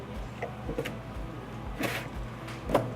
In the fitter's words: going to be inserted into the back of the switch as so hear the click